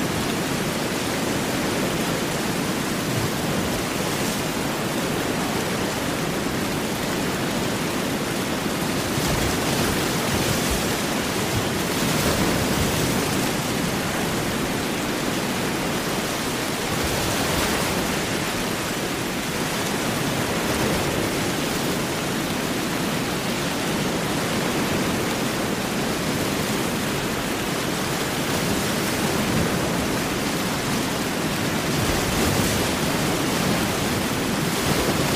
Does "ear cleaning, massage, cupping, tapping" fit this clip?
no